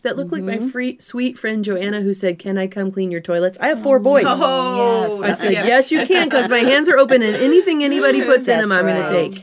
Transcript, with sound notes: That looked like, my sweet friend, Joanna, who said, “Can I come clean your toilets?” I have four boys!
I’d say, “Yes!” (laughter)
I said, “Yes, you can!” because my hands are open, and anything anybody puts in them, I’m going to take.